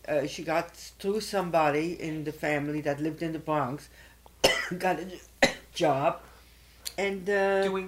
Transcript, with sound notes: She got, through somebody in the family that lived in the Bronx, (coughs) got a job, and, uh...
Doing what?